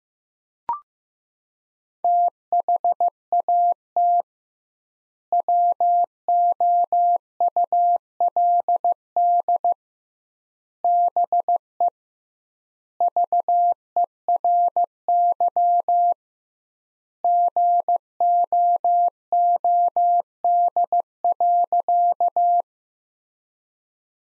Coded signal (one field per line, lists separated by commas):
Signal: Morse code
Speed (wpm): 15 wpm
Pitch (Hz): 700 Hz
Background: none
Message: THAT WOULD BE VERY GOOD.